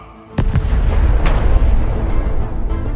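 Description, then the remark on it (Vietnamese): A sudden, loud explosion bursts in mid-air with sharp cracks, then a deep, heavy rumble that rolls on and sustains for several seconds with scattered popping debris. “Một tiếng nổ long trời lở đất phát ra giữa thinh không.”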